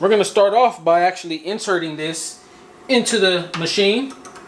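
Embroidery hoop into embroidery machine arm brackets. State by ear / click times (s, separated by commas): not seated / none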